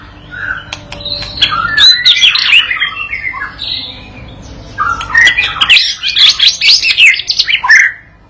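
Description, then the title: White-rumped shama song in two bursts of varied, jumbled whistles and harsh notes, with a short quiet gap between bursts. Tutor recording (masteran pancingan) for teaching a young bird (paud) to sing persistently (gacor) and answer straight away. "MURAI BATU PAUD BELAJAR GACOR, AJARI DENGAN MASTERAN PANCINGAN INI, PANCING LANGSUNG NYAUT"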